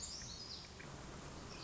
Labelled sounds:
Black-throated Gray Warbler
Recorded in Sonoma County, California

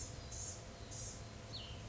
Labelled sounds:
Blue-gray Gnatcatcher
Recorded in Sonoma County, California

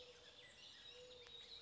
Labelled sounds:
Mourning Dove
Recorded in Sonoma County, California

